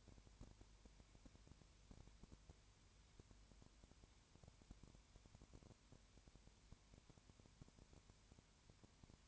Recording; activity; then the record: daily activity, microphone in the room; no activity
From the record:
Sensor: 2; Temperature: 20.3 degrees Celsius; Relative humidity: 33.7%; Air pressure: 1003.1 hPa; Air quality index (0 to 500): 82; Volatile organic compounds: 1 ppm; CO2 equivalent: 785 ppm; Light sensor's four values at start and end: 2/3/2/2 and 2/3/2/2